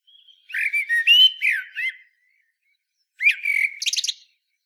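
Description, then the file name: Common blackbird song: a rich, fluty phrase of several warbled notes, a short pause, then a whistle that breaks into a high scratchy twitter. "Turdus merula"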